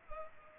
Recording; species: mosquito wingbeat signal from an infrared sensor; Culex pipiens